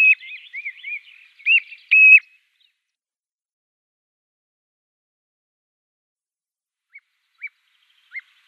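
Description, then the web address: Common ringed plover uttering a quick series of whistled notes at the start, followed by silence and three short faint calls near the end. "Schulze Peter Ringed Plover calls"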